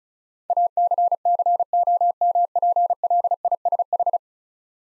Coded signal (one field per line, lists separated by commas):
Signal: Morse code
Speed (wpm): 36 wpm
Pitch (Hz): 700 Hz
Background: none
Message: ACCOMPLISH